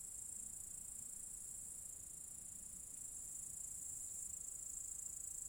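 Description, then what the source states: Cicadas singing in a steady, high, hissing chorus that holds an even level throughout. Several cicadas in an apple tree orchard at Zalensų Sodybos, Lithuania, on 23 August 2015.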